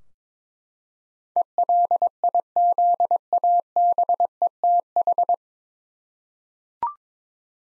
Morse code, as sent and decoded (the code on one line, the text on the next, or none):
. .-.. .. --.. .- -... . - ....
ELIZABETH